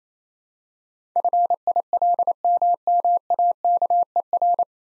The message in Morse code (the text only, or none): FILMMAKER